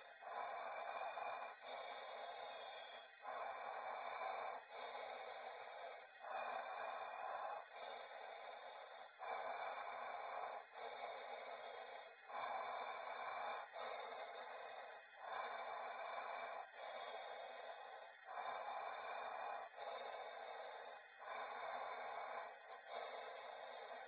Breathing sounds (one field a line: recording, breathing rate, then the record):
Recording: paced breathing near a phone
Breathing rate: 20 breaths a minute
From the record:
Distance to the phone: 20 cm